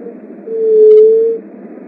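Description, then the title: Leptotila dove call: one deep, even, whistle-like hoot held for nearly a second, with faint steady background hiss. "Juriti"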